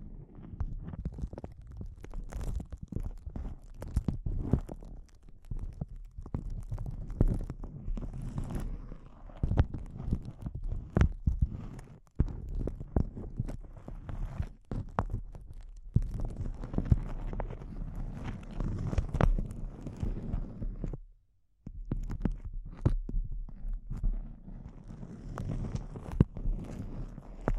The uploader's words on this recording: ASMR Intense Close-Up Crinkles (No Talking).